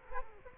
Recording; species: mosquito wingbeat signal from an infrared sensor; Culex quinquefasciatus